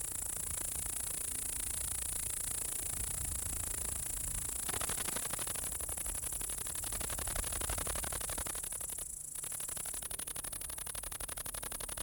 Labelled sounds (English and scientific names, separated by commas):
Great Green Bush-cricket (Tettigonia viridissima) stridulation